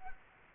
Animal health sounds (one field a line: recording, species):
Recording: mosquito wingbeat signal from an infrared sensor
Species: Culex quinquefasciatus